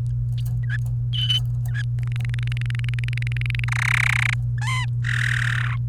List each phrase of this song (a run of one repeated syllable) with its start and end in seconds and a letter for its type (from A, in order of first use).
1.99-3.64 A, 3.68-4.34 B, 4.58-4.85 C, 5.04-5.74 D